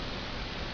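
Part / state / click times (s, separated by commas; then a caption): plastic ball joint of a model accessory into the hand socket of a plastic robot model / not seated / none. A plastic ball joint on the sword accessory of a Kotobukiya Mode Lock A4-1 Falke plastic robot model kit is being handled toward the socket on the model's plastic hand. Only a steady, even broadband hiss is heard throughout, with no distinct click. Nothing has seated or clicked yet.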